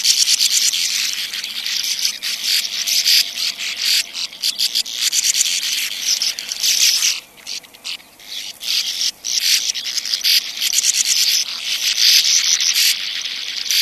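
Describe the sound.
Sand martin calls: dense scratchy buzzing twitters that thin out into scattered single rasps in the middle before the calls build again.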